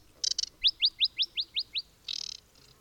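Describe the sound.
Aquatic warbler song: a short rasping chatter, then seven clear rising whistled notes evenly spaced, ending in a harsh buzzy burst.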